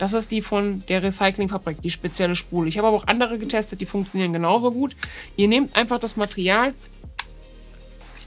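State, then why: Seated. Someone talks while fitting a filament refill onto a reusable plastic multi-spool for the AMS, then presses the plastic spool halves together around the refill. A single sharp click at 7.2 s marks the halves locking in place, leaving the spool seated and ready.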